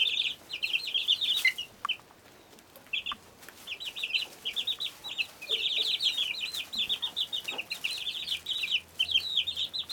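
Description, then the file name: Chicken chicks giving shrill, rapid peeps in overlapping bursts, a short lull after the first two seconds, then steady cheeping again amid occasional taps and scuffles. Chicks in a hen house, a low-ceilinged barn room. "freesound chicks in hen house"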